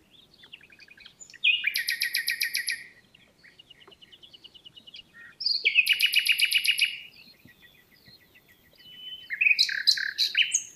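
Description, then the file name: Common nightingale song: rich phrases of fast, evenly repeated notes, each phrase lasting a second or more, with soft clicking notes between and a varied flourish at the end. "Luscinia megarhynchos"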